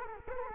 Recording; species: mosquito wingbeat signal from an infrared sensor; Culex quinquefasciatus